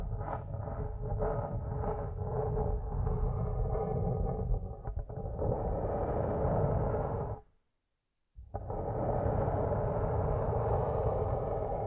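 Rubbing and massage-like sounds made with headphones used as a microphone, heavy and muffled with a thick low rumble. Soft rhythmic strokes pulse over the first five seconds, then become a denser continuous rub, cut off by a second of silence near eight seconds before resuming.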